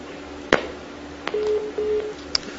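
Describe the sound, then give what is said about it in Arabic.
A sharp click on a telephone line as a caller's phone call is cut off, then two short, steady low-pitched beeps of a disconnect tone, separated by a brief gap and ending with another faint click over soft line hiss. “نعم قطع تليفون الأخ أركان”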